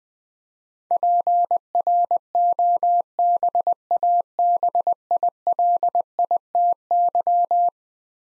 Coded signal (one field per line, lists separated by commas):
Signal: Morse code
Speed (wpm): 21 wpm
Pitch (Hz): 700 Hz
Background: none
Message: PROBABILITY